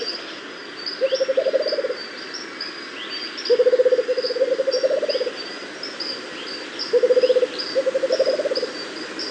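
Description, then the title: Rufous-capped motmot uttering paired low, rapidly pulsed trills, the second slightly higher, in bouts every few seconds, against faint high-pitched chirping. "LuckyPassaro Completos2Sama. Rufous-capped Motmot (Baryphthengus ruficapillus)"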